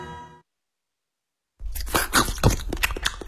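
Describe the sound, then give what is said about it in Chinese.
A brief tonal snippet fades into a pause, then loud, crisp crunching takes over as someone chews a carrot, the crunches coming in quick irregular bites with no talking. “我发现了 啊， 嚼胡萝卜其实是挺累的一件事。”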